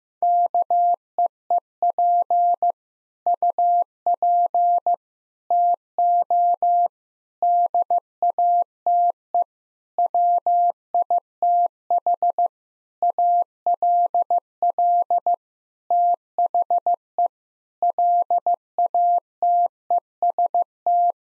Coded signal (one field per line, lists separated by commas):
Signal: Morse code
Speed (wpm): 16 wpm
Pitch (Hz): 700 Hz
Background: none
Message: KEEP UP TO DATE WITH ALL THE LATEST